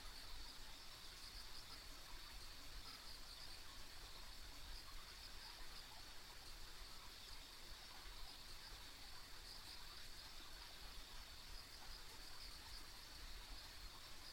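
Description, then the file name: Insect chorus, high and continuous with small flickering chirps, accompanied throughout by a low steady rumble. Ambient insect sounds on a country road. "田舎道の虫の環境音"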